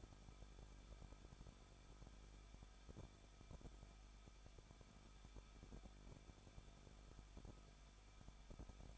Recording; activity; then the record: daily activity, microphone in the room; no activity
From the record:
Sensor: 5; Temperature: 20.8 degrees Celsius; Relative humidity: 38.3%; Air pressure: 1006.6 hPa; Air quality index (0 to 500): 186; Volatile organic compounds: 18 ppm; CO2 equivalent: 2611 ppm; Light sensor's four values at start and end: 2/3/1/1 and 2/3/1/1